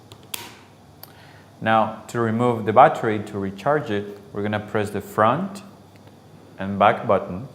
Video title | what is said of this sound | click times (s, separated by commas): Série P-MiX AcouTherm - FOTRIC - Caméras hybrides acoustiques et thermiques | making sure that it goes all the way in until it clicks. | 0.3 s